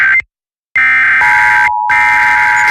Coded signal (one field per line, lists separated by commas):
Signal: Emergency Alert System (SAME) tones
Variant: header bursts